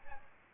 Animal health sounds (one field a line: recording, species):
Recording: mosquito wingbeat signal from an infrared sensor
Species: Aedes albopictus